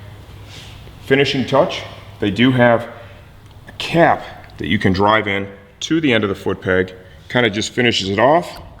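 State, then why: Not seated. A cap is about to be driven with light pressure into the end of a foot peg on a Woodcraft rearset for a 2018-2023 Kawasaki Ninja 400, while someone talks throughout. Brief sharp sounds occur at about 3.7 s and 8.8 s. The clip ends before the cap goes home, and nothing has seated or clicked yet.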